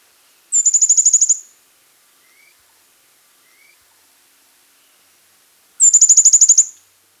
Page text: Rusty-Flanked Treecreeper Song. Quick Sounds